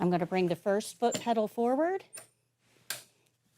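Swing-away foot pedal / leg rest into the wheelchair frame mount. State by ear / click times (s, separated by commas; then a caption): seated / 2.9 s. Someone talks, then the wheelchair's first swing-away foot pedal, or leg rest, is swung forward into its mount on the wheelchair frame. A single sharp click is heard at 2.9 s as the pedal locks into place.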